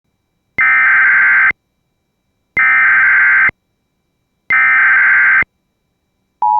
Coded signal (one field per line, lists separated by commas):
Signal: Emergency Alert System (SAME) tones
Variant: header bursts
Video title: RARE - EAS 1070 - Missouri BLUE ALERT